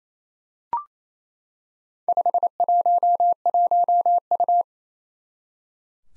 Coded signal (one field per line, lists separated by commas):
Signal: Morse code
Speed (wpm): 28 wpm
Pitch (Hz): 700 Hz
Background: none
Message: 511U